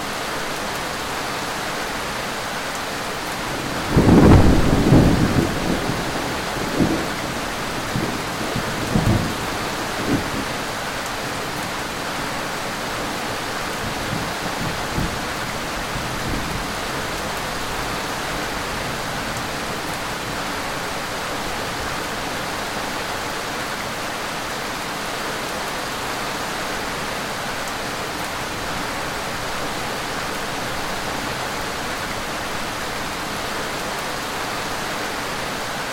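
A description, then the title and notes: Steady rain hisses throughout, a dense, even wash with no letup. Around four seconds a rumble of thunder breaks in, loud and low, then trails off in scattered crackles until about seventeen seconds, after which only the rain remains. ASMR Sounds of relaxing rain & thunder.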